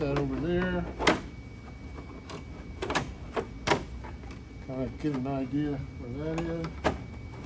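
Someone talks while handling a fog light trim piece with plastic clips near the body panel of a 2020-21 Can-Am Spyder RT motorcycle, with a few brief handling taps and knocks heard. Nothing has seated or clicked into the panel yet.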